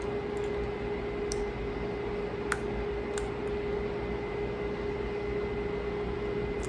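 A clear plastic aligner tray is pushed onto the upper teeth after the bottom one. Short snapping clicks are heard at 1.3, 2.5 and 3.2 seconds over a steady background hum as the upper aligner seats on the teeth.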